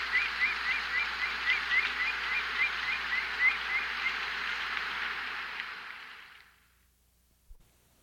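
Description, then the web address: Black-chested buzzard-eagle giving rapid repeated clipped notes for about four seconds under steady hiss, which fades away and leaves near silence with one soft knock. South America. "Natures Songs S America Black-Chested Hawk"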